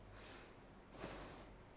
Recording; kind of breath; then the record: one breath in and out by a microphone near the nose and mouth; deep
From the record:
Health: marked as sick, illness not named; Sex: female